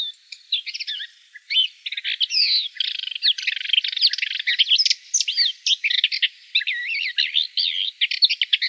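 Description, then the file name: Subalpine warbler pouring out a continuous scratchy chattering song of varied high chirps and dry rattles. "Slavka belousaja"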